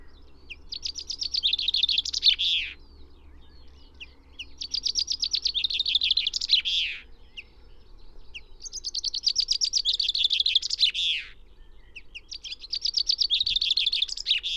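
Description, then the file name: Common chaffinch repeating its song four times, about every four seconds, each a rattling descending trill ending in a flourish, with faint background hum. "Fringilla coelebs"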